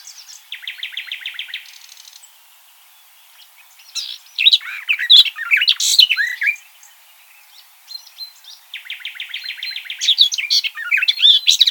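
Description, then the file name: Eurasian blackcap song: a rapid series of repeated notes, a pause, then a loud jumbled warble. After another pause, a second series of repeated notes and a warble follow. "Sylvia atricapilla"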